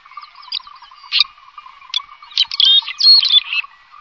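Bird calls: scattered scratchy chirps and short high notes, busier toward the end, over a steady low bubbling background chatter.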